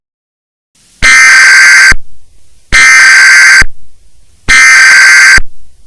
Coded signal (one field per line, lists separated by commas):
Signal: Emergency Alert System (SAME) tones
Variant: header bursts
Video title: Emergency Alert System